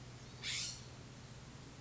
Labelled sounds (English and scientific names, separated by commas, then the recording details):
California Scrub-Jay (Aphelocoma californica)
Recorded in Sonoma County, California